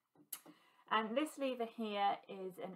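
The looper door on an Amber Air S600 overlock sewing machine is shut after the threading lever is flicked back, since the door won't close until the lever is switched back over. A single sharp tick at 0.3 s marks the door latching shut, and afterward someone talks.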